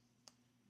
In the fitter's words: it pops in there and kind of stays on.